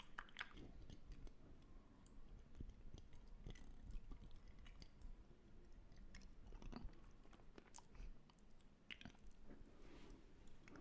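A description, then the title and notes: Wet mouth sounds fill the clip: steady chewing with soft smacks, clicks and squishy noises repeating every fraction of a second. A few sharper clicks stand out around four, seven and nine seconds, over a low, muffled background. Mouth Sounds X 2.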